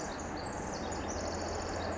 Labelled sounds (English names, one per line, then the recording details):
Pacific Wren
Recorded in Sonoma County, California